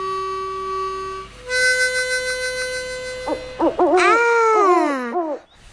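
An owl hoots loudly with no talking, starting with long steady tones, then breaking into a quick series of wavering hoots that swoop up and down in pitch.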